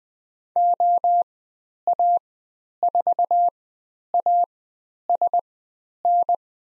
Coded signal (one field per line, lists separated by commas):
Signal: Morse code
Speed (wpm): 20 wpm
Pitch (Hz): 700 Hz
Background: none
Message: OA4ASN